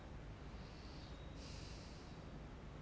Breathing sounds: one breath in and out by a microphone near the nose and mouth; normal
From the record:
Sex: male

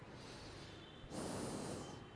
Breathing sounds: one breath in and out by a microphone near the nose and mouth; normal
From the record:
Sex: male

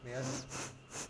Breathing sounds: one breath in and out by a microphone near the nose and mouth; strong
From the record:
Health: marked as sick, illness not named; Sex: female

